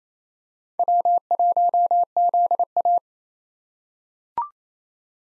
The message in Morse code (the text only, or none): W1ZA